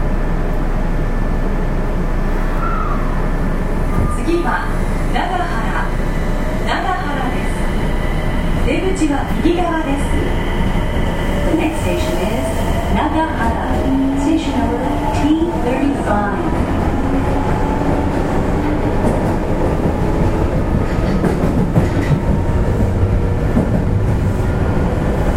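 An Osaka subway 30000 series train runs with a steady low rumble, rattling clatter and squeaks, and rising and falling motor whine throughout.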